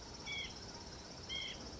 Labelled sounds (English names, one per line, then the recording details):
White-breasted Nuthatch
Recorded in Sonoma County, California